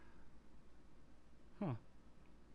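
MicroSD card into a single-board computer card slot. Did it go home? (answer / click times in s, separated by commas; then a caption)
no / none. A microSD card is pushed into the push-in card slot of a Raspberry Pi 3 single-board computer, which feels really stiff and does not click in like the older slot did. Over a low, steady background, someone briefly talks around 1.6 to 1.8 seconds. The card has not clicked or seated yet.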